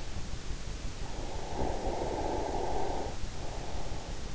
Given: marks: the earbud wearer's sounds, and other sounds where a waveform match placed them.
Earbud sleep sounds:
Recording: sounds in sleep by an in-ear microphone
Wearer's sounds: snoring breath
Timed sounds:
1.19-3.64 s: snoring breath

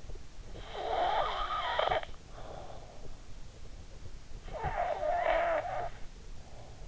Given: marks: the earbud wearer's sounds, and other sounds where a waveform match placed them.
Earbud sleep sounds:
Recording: sounds in sleep by an in-ear microphone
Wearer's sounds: snoring breath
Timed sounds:
0.68-3.15 s: snoring breath
4.48-6.27 s: snoring breath

